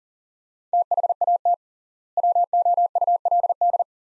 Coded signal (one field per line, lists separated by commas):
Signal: Morse code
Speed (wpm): 40 wpm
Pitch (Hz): 700 Hz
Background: none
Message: THAT WOULD